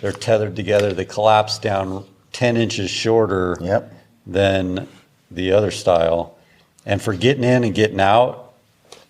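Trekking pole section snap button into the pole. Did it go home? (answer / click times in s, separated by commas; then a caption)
yes / 8.9 s. A collapsible trekking pole section is pulled down until its snap button locks into the pole. Someone talks through most of the clip, then a short click at 8.9 s marks the section snapping into place.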